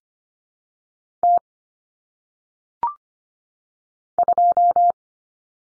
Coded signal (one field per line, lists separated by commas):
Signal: Morse code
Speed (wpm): 25 wpm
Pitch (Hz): 700 Hz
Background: none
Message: T 2